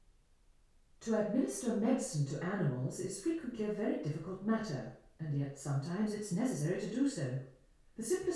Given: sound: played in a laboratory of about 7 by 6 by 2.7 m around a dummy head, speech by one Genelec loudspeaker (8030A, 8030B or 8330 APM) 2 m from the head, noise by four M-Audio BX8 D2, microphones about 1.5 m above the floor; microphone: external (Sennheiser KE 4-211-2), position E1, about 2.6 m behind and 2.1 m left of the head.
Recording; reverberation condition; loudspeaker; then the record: female speech in English; medium; 120 degrees to the left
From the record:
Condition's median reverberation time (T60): about 510 ms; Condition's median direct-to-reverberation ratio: about -0.5 dB